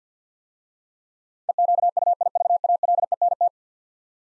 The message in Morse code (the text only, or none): EQUIVALENT